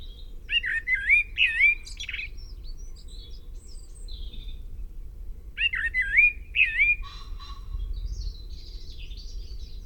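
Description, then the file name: Common blackbird song: two flute-like warbled phrases, each trailing into high thin chattering twitters, separated by a few seconds of near quiet. "Turdus merula"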